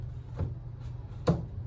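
The bottom speaker section of a Harbinger MLS1000 column PA system, speaker side facing out, is slid down into its column base mount. A faint knock is heard at 0.4 s, then a sharp click at 1.3 s as the section locks into place and is confirmed seated.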